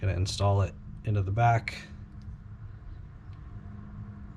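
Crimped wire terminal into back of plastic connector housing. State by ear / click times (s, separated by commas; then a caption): not seated / none. A crimped terminal on a red wire is being handled at the back of a plastic blinker connector housing for Source Offroad front blinkers on a CRF450L. Someone talks briefly, then only a low steady hum remains. Nothing has seated or clicked yet.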